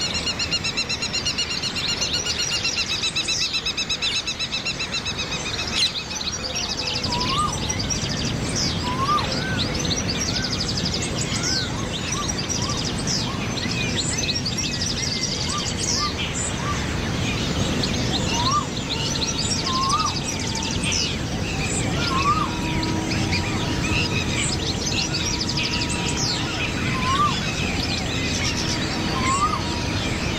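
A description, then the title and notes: A dawn chorus of many birds chirping and trilling over a steady low rumble, with repeated rising whistled calls through the second half. Dawn Chorus. De Chouer vum fréie Mueren - live aus Irland. Anne’s Park an der Bull Island bei Dublin.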